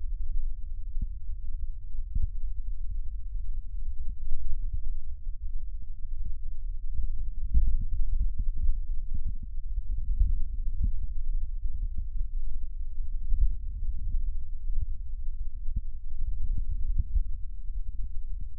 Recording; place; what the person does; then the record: lung sounds by stethoscope; right posterior basal chest; quiet breathing, then deep breathing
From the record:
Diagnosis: COPD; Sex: male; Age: 77 years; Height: 172 cm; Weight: 85.2 kg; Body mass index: 28.8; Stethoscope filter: bell mode